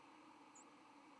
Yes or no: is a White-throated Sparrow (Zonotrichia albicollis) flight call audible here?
no